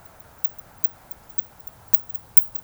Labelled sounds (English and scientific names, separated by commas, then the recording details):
Eurasian Woodcock (Scolopax rusticola) whistle
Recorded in Baden-Württemberg, Germany, on 26 June 2021 at 20:04 UTC
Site 45499, 200 m above sea level